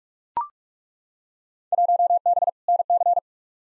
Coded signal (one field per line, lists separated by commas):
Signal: Morse code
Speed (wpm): 42 wpm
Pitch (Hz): 700 Hz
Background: none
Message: 1B NC